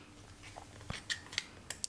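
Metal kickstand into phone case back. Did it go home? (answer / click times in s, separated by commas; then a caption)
yes / 1.7 s, 1.8 s. A metal kickstand that popped out of a rugged plastic phone case for the iPhone 12/12 Pro during a flex test is pressed back into its recess in the case back. A few light taps and clicks are heard, then two sharp snaps at 1.7 s and 1.8 s as the kickstand seats back in place.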